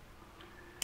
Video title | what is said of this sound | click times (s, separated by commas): How to Stretch a Canvas - Original Grabber Pliers Demo by Walt Deane | what separates it from other tools on the market is that locks in place and | 0.8 s